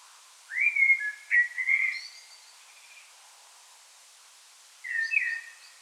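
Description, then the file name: Common blackbird singing a warbled, flute-like phrase with a thin high tail, then a shorter second phrase after a pause of a few seconds. "Turdus merula"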